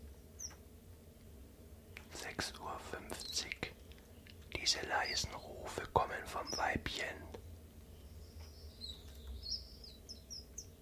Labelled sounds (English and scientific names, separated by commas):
Common Chiffchaff (Phylloscopus collybita)